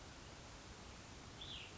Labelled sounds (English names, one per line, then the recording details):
Cassin's Vireo
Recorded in Sonoma County, California